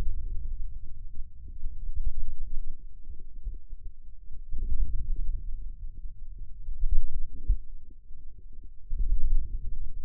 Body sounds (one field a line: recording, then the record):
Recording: forearm muscle sounds (acoustic myography)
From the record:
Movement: ulnar deviation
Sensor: system 2, bracelet of six BSWA MPA416 microphones around the upper forearm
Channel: 5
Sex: male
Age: 22 years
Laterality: right